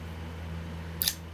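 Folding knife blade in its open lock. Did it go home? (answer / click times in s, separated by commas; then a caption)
yes / 1.0 s. The blade of a Gerber 06 Fast Tanto tactical folding knife is flicked open, and it locks up with a sharp, bright click at 1.0 s, followed by a smaller snap at about 1.1 s. A steady low hum runs underneath, and the lock-up sounds confident and satisfying.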